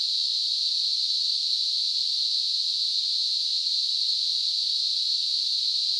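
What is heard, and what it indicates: A steady, high-pitched hiss, a narrow band of noise centred near 4 kHz, holds at one level for the full six seconds, with no pulsing, rhythm or breaks. It is a simulated tinnitus sound, a narrow hissing noise of the kind people with tinnitus hear constantly in the ears.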